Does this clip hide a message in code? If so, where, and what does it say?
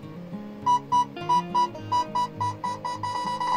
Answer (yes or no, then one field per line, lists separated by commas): no